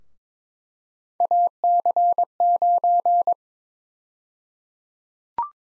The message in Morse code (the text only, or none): AC9